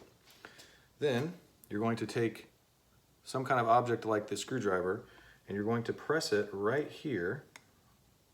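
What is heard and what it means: The white plastic retaining clip on a Onewheel motor connector plug is popped back with a Phillips screwdriver, giving a short, sharp click at 0.5 s that releases the plug. After the click, someone talks.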